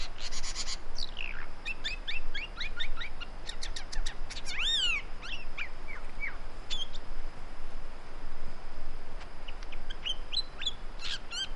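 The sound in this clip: Great woodswallow calls: harsh raspy bursts at the start, then a run of descending chirps and a loud whistled note, sparser notes later over low rumble.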